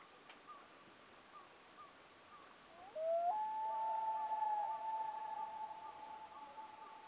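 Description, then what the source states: Common loon wail: faint higher notes at first, then a loud tone that slides upward and holds a long, steady, mournful pitch to the end, over quiet hiss. A duet of common loons.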